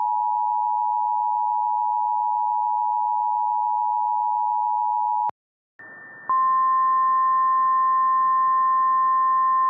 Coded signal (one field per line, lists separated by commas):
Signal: Emergency Alert System (SAME) tones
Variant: 853 and 960 Hz attention tone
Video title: EAS Mock - Flooding in Lincoln